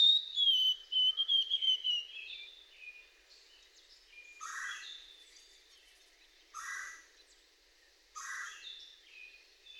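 White-throated sparrow song: a clear whistled note sliding slightly downward over two seconds, then other birds' short bright notes and repeated lower burry chirps every couple of seconds.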